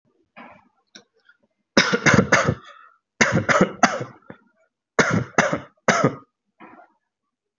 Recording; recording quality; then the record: shallow voluntary cough; excellent, no background noise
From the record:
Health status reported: healthy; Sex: male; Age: 30 years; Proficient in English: yes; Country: India